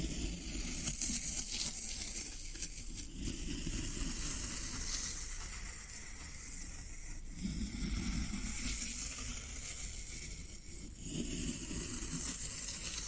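Floral foam gives a steady, dense crackling hiss with a low rumbling undertone, swelling in bursts around three, eight and eleven seconds.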